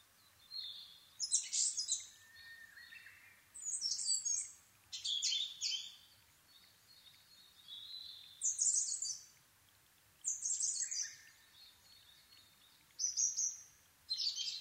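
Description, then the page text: Asian brown flycatcher singing several bursts of high, thin twittering phrases of rapid chips and short trills at irregular intervals, with a quiet background. Dawn recording near Nikko, Japan, at 730 m altitude, on 26 April 2011 at 4:39, with a Sony PCM-D50 recorder and Panasonic WM-61A microphone. "kosamebitaki 20110426-0439. Muscicapa dauurica. 4/ 26 2011, 4:39 alt=730m"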